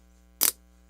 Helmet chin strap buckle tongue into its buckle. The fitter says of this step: um you know having to Loop it through whatever this one just goes and locks into place like this so you can hear it